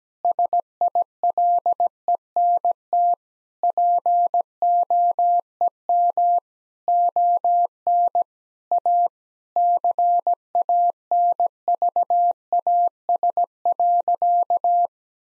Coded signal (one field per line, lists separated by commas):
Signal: Morse code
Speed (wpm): 17 wpm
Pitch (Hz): 700 Hz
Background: none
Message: SILENT POEM ON A CANVAS.